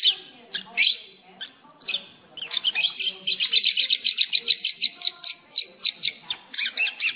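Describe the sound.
Lovebird chirping calls, busy high squeaky chatter that builds into a fast run of rapid repeated chirps midway, with short pauses between bursts.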